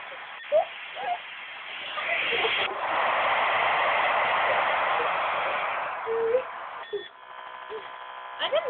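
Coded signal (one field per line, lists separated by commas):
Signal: dial-up modem handshake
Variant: 56k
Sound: short tones and chirps, then several seconds of loud hiss, then buzzy multi-tone warble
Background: telephone line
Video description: When you start to hear the screeching sounds, they are a bit slow because I am dialing from Colorado all the way out to New Hampshire.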